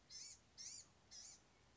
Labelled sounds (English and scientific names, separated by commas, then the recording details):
Blue-gray Gnatcatcher (Polioptila caerulea)
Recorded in Sonoma County, California